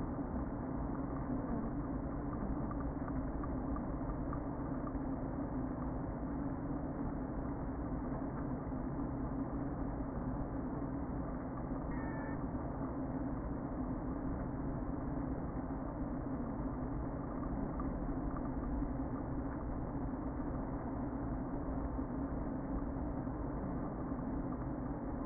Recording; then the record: honeybee colony, microphone inside the hive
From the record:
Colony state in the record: queen present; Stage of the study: before two queens were removed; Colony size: about 60,000 bees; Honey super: yes